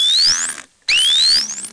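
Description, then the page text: Dolphin whistles: two clear, high tonal sweeps, each rising in pitch, separated by a brief silence. Signature whistle, unique to each dolphin, used like a name to introduce themselves or keep track of each other. "Every dolphin has a unique whistle."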